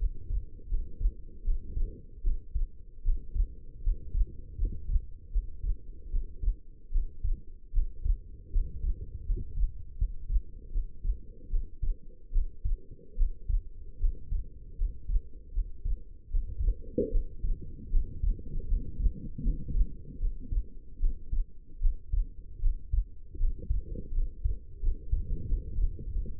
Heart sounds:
heart sounds by stethoscope; 78 bpm
0.68 s: heartbeat
1.44 s: heartbeat
2.23 s: heartbeat
3.03 s: heartbeat
3.82 s: heartbeat
4.57 s: heartbeat
5.31 s: heartbeat
6.10 s: heartbeat
6.91 s: heartbeat
7.72 s: heartbeat
8.51 s: heartbeat
9.25 s: heartbeat
9.97 s: heartbeat
10.71 s: heartbeat
11.49 s: heartbeat
12.31 s: heartbeat
13.16 s: heartbeat
13.99 s: heartbeat
14.77 s: heartbeat
15.52 s: heartbeat
16.30 s: heartbeat
17.10 s: heartbeat
17.90 s: heartbeat
18.67 s: heartbeat
19.42 s: heartbeat
20.19 s: heartbeat
20.99 s: heartbeat
21.80 s: heartbeat
22.60 s: heartbeat
23.38 s: heartbeat
24.13 s: heartbeat
24.81 s: heartbeat
25.47 s: heartbeat
26.11 s: heartbeat
From the record:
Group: healthy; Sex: female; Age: 19 years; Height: 163 cm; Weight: 51 kg

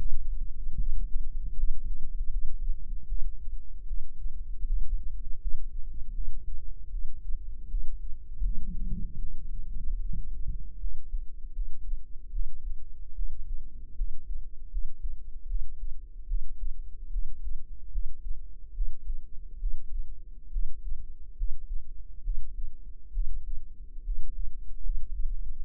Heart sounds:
heart sounds by microphone in the right ear; 75 bpm
0.75 s: heartbeat
1.55 s: heartbeat
2.29 s: heartbeat
3.06 s: heartbeat
3.85 s: heartbeat
4.64 s: heartbeat
5.39 s: heartbeat
6.12 s: heartbeat
6.89 s: heartbeat
7.68 s: heartbeat
8.41 s: heartbeat
9.18 s: heartbeat
10.00 s: heartbeat
10.78 s: heartbeat
11.52 s: heartbeat
12.30 s: heartbeat
13.13 s: heartbeat
13.95 s: heartbeat
14.69 s: heartbeat
15.46 s: heartbeat
16.26 s: heartbeat
17.09 s: heartbeat
17.90 s: heartbeat
18.72 s: heartbeat
19.58 s: heartbeat
20.50 s: heartbeat
21.35 s: heartbeat
22.22 s: heartbeat
23.11 s: heartbeat
24.02 s: heartbeat
24.81 s: heartbeat
25.63 s: heartbeat
From the record:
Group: healthy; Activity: rest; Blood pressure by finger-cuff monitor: 88/62 mmHg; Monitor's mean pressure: 71 mmHg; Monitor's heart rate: 75 bpm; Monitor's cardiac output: 5.5 L/min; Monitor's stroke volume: 72 mL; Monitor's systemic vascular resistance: 930 dyn s/cm5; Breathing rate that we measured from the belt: 18 breaths a minute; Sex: female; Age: 22 years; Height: 160 cm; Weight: 45 kg

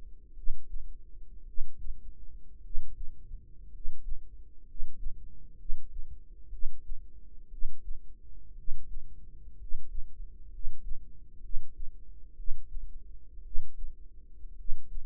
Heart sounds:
heart sounds by microphone in the right ear; 59 bpm
0.33 s: heartbeat
1.43 s: heartbeat
2.60 s: heartbeat
3.68 s: heartbeat
4.63 s: heartbeat
5.55 s: heartbeat
6.48 s: heartbeat
7.48 s: heartbeat
8.53 s: heartbeat
9.55 s: heartbeat
10.48 s: heartbeat
11.39 s: heartbeat
12.34 s: heartbeat
13.41 s: heartbeat
14.54 s: heartbeat
From the record:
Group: healthy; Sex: male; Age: 25 years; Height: 170 cm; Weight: 70.4 kg

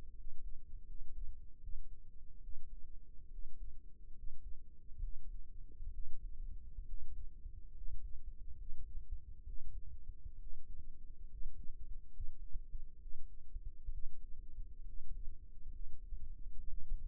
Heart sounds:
heart sounds by microphone in the right ear; 69 bpm
0.15 s: heartbeat
0.86 s: heartbeat
1.60 s: heartbeat
2.41 s: heartbeat
3.31 s: heartbeat
4.14 s: heartbeat
5.00 s: heartbeat
5.91 s: heartbeat
6.86 s: heartbeat
7.73 s: heartbeat
8.56 s: heartbeat
9.45 s: heartbeat
10.38 s: heartbeat
11.28 s: heartbeat
12.11 s: heartbeat
12.99 s: heartbeat
13.91 s: heartbeat
14.84 s: heartbeat
15.71 s: heartbeat
16.66 s: heartbeat
From the record:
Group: healthy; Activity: rest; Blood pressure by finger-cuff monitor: 106/65 mmHg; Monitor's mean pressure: 78 mmHg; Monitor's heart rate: 70 bpm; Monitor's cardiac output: 6.3 L/min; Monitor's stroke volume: 92 mL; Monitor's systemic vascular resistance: 870 dyn s/cm5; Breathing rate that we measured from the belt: 16 breaths a minute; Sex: male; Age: 22 years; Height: 181 cm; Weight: 79 kg

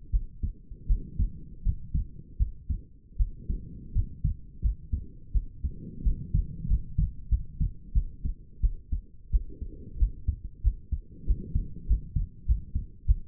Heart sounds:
heart sounds by stethoscope; 88 bpm
0.10 s: heartbeat
0.86 s: heartbeat
1.63 s: heartbeat
2.37 s: heartbeat
3.17 s: heartbeat
3.92 s: heartbeat
4.61 s: heartbeat
5.32 s: heartbeat
6.02 s: heartbeat
6.67 s: heartbeat
7.29 s: heartbeat
7.93 s: heartbeat
8.60 s: heartbeat
9.30 s: heartbeat
9.98 s: heartbeat
10.62 s: heartbeat
11.25 s: heartbeat
11.86 s: heartbeat
12.45 s: heartbeat
13.05 s: heartbeat
From the record:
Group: healthy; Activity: rest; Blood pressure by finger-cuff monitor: 87/61 mmHg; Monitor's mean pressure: 69 mmHg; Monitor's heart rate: 88 bpm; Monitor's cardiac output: 6.7 L/min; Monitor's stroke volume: 78 mL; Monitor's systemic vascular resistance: 740 dyn s/cm5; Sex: female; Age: 19 years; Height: 163 cm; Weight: 48.9 kg

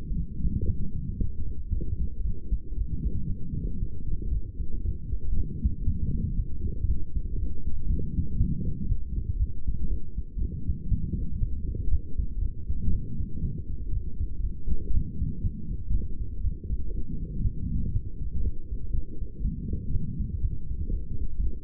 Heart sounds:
heart sounds by stethoscope; 118 bpm
0.15 s: heartbeat
0.67 s: heartbeat
1.19 s: heartbeat
1.72 s: heartbeat
2.23 s: heartbeat
2.77 s: heartbeat
3.28 s: heartbeat
3.80 s: heartbeat
4.31 s: heartbeat
4.84 s: heartbeat
5.36 s: heartbeat
5.86 s: heartbeat
6.36 s: heartbeat
6.87 s: heartbeat
7.38 s: heartbeat
7.89 s: heartbeat
8.39 s: heartbeat
8.89 s: heartbeat
9.39 s: heartbeat
9.89 s: heartbeat
10.40 s: heartbeat
10.90 s: heartbeat
11.40 s: heartbeat
11.91 s: heartbeat
12.41 s: heartbeat
12.92 s: heartbeat
13.42 s: heartbeat
13.92 s: heartbeat
14.42 s: heartbeat
14.93 s: heartbeat
15.43 s: heartbeat
15.93 s: heartbeat
16.43 s: heartbeat
16.94 s: heartbeat
17.44 s: heartbeat
17.93 s: heartbeat
18.43 s: heartbeat
18.93 s: heartbeat
19.44 s: heartbeat
19.93 s: heartbeat
20.42 s: heartbeat
20.92 s: heartbeat
21.42 s: heartbeat
From the record:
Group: healthy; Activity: light exercise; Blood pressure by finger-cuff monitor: 133/79 mmHg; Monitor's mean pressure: 96 mmHg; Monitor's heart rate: 118 bpm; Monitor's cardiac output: 9.5 L/min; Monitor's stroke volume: 80 mL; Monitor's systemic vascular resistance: 740 dyn s/cm5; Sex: female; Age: 22 years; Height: 163 cm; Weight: 67.1 kg

